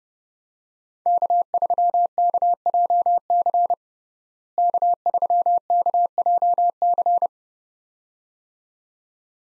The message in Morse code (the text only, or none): K3KJC K3KJC